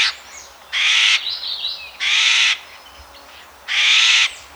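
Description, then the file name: Eurasian jay giving three drawn-out, raw screeches with pauses between them, and faint scratchy sounds in the gaps. "Garrulus glandarius"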